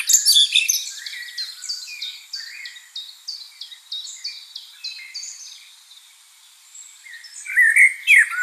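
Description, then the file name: Common blackbird song: squeaky twitters at the opening and again near the end, with a series of short, repeated high notes between. "Turdus merula"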